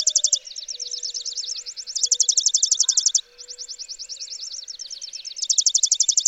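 Chipping sparrow song: dry, rapid trills of identical high chips, each about a second long, with a fainter trill from another sparrow filling the gaps.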